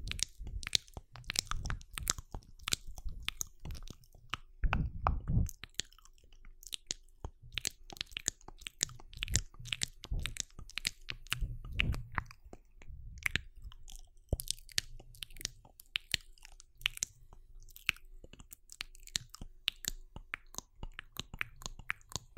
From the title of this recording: ULTRA HD MOUTH SOUNDS